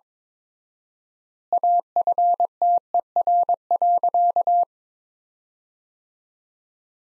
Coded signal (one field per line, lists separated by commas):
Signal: Morse code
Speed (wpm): 22 wpm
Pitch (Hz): 700 Hz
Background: none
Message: AFTER.